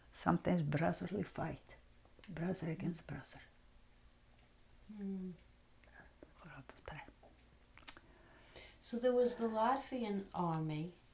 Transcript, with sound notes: sometimes brotherly fight.: Brother against brother. (whispers)
So there was the Latvian army,